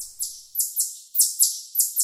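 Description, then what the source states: Chipmunk chip trill: sharp, very high descending chips in pairs, each fading after its onset, repeated steadily several times. Chip trill given when one chipmunk tells another to back off; decreases in volume as it continues, unlike a kingbird.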